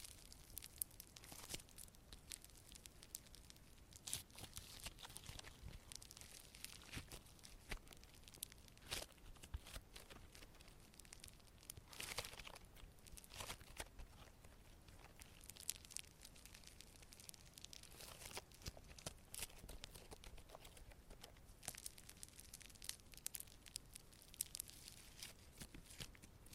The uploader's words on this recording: Satisfying Slime Sounds Asmr No Talking.